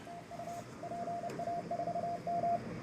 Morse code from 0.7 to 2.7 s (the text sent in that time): PA4M